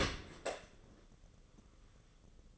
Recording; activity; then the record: daily activity, microphone in the room; open dishwasher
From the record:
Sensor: 4